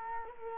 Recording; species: mosquito wingbeat signal from an infrared sensor; Culex quinquefasciatus